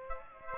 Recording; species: mosquito wingbeat signal from an infrared sensor; Aedes aegypti